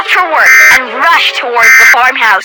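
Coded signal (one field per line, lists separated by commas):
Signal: Emergency Alert System (SAME) tones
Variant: end-of-message bursts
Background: speech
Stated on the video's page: Simulated EAS scenario, not a real alert.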